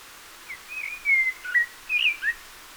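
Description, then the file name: Common blackbird delivering mellow warbled whistles in short linked notes, then a higher squeaky twitter to close the phrase. "Turdus merula"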